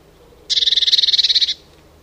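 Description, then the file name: Eurasian blue tit giving a dry, buzzy churring call, a rapid rattle of many pulses lasting about a second, high-pitched, against quiet background. "Cyanistes caeruleus"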